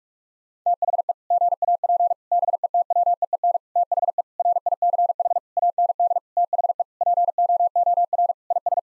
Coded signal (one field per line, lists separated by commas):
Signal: Morse code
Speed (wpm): 46 wpm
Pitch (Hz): 700 Hz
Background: none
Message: THE GAP BETWEEN THE RICH AND THE POOR IS